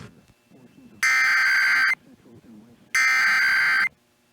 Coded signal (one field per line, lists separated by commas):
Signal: Emergency Alert System (SAME) tones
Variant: header bursts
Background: speech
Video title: EAS Required Monthly Test Minnesota Statewide Test SeaTTY (MPR/KNOW, KS95/KSTP-FM, And KTCZ)